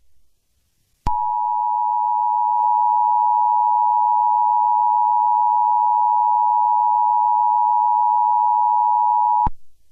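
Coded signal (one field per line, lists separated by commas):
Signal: Emergency Alert System (SAME) tones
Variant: 853 and 960 Hz attention tone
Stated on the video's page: Mock EAS tones.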